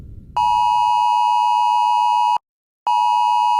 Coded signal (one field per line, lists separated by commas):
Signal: Emergency Alert System (SAME) tones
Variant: 853 and 960 Hz attention tone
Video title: BP Assault (EAS Scenario)